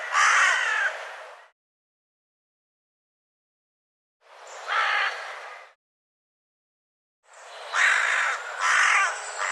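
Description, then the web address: Bird calling in rough, raspy bursts: a single caw, a pause, another single caw, then a pair of quick harsh calls. "birddata Deverinetal 2025 Bird Co Co Co Co"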